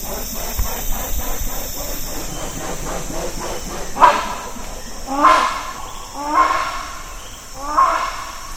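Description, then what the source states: Rhinoceros hornbill calls: a rhythmic run of whooshing pulses, then four loud, deep honks about a second apart over steady background hiss. Hornbills flew in with whistling wings, landed in a tree behind the recordist on a forest trail and began calling.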